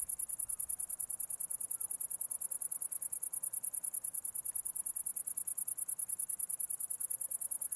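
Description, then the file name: Cricket chirping, a rapid high-pitched pulsing trill repeated steadily throughout, with faint low background noise. Recorded 11 August 2009. "20090811 crickets"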